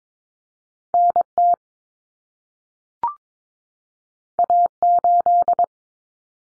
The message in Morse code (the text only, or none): NT A8